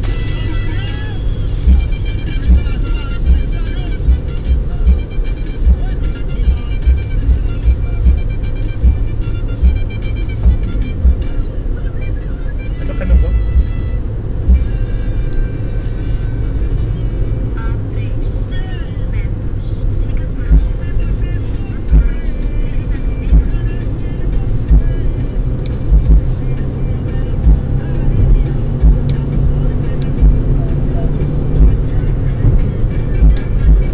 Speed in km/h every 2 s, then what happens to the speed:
82, 79, 80, 82, 84, 80, 83, 89, 83, 82, 83, 92, 100, 107, 112, 117, 113.
0-10 steady at about 80. 10-14 speeds up to 89. 14-19 steady at about 83. 19-29 speeds up to 117.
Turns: none.